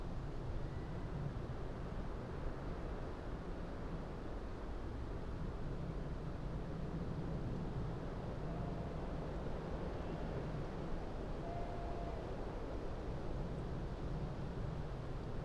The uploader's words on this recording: Upland fir forest. High, in the remoteness of the Cumbrian hills above Dentdale, with buzzards circling overhead, we found a fir forest. All leaning, slightly, against a mild August breeze. We left the Lento mics alone to capture the undulating sound within the heart of this forest.